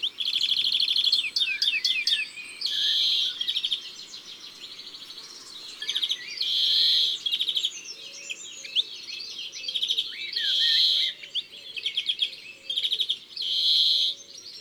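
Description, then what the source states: European greenfinch singing steadily, mixing rapid twitters, short trills and repeated nasal buzzy notes with brief pauses. Listed among garden birds.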